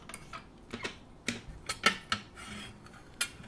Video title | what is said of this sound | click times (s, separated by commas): Circular Saw Lubrication, Black & Decker Model No. 7391 Type 4 | and boom i heard the spring snap into that little groove and now sure enough it's working okay so we've got that | 3.2 s